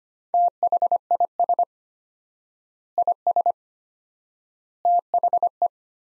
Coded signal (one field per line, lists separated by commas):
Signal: Morse code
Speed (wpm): 25 wpm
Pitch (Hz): 700 Hz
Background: none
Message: THIS IS THE